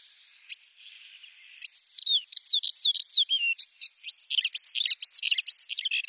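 Paddyfield warbler song opening with a single note and an one-second pause, then clear downslurred whistles building into a quick run of rising and falling chirps, several per second.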